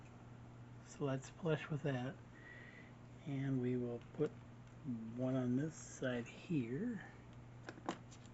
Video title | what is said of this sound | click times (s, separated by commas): Build the Space Battleship Yamato Vol 19 | Get it locked into place here. | 7.7 s, 7.9 s